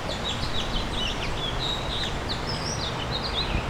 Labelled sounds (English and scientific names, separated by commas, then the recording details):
House Finch (Haemorhous mexicanus) song
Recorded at Oakdale on Long Island, New York, on 18 June 2013
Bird A